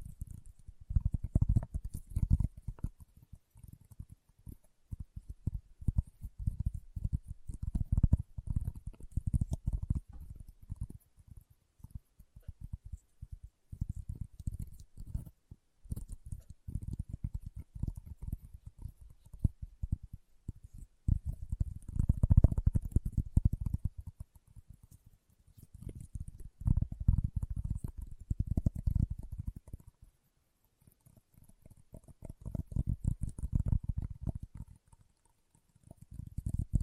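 Leather being tapped and scratched in dense, irregular bursts of low, dull thumps and rubbing, with brief pauses around 4, 14, 20 and 29 seconds. The strokes come quickly and unevenly, with a faint, thin scratchy edge riding above the muffled taps.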